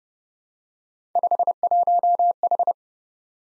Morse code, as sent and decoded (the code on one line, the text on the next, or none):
..... .---- ....
51H